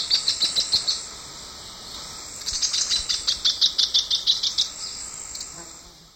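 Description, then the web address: Lesser hornero song: two bouts of rapid, ringing high notes, the first short and the second a longer pulsing run, with a constant hiss behind. Eastern lowlands of South America. "Natures Songs S America Eastern Lowlands. Lesser Hornero"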